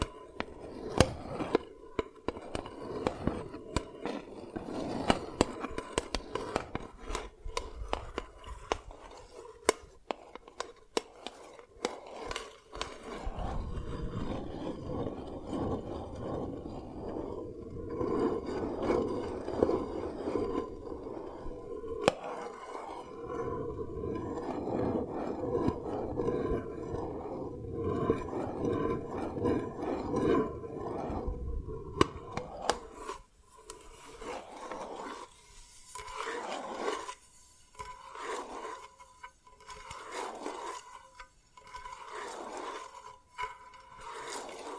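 Dalgona candy tapping and cracking, opening with quick, sharp clicks and snaps for about twelve seconds. A dense, steady scraping and crunching fills the middle stretch, then the last ten seconds settle into regular, evenly spaced taps about once per second.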